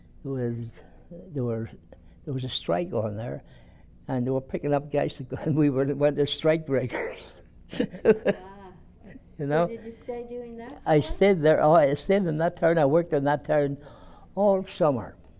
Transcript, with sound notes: There was -- there were, there was a strike on there, and they were picking up guys to go, and we were the ones that strikebreakers. [Laughs]
Ah!
You know?
So did you stay doing that long?
I stayed there, oh, I stayed in that town, I worked in that town all summer,